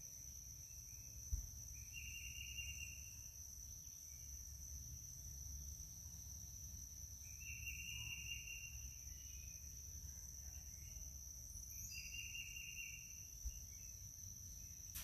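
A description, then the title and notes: A summer morning in a forest, with a steady high, thin insect drone running throughout. A bird repeats a short chirping phrase about every five seconds, over a low, constant background rumble, with a couple of soft knocks near the start and end. A Morning at Summer Camp. North Carolina forest sounds on a summer morning.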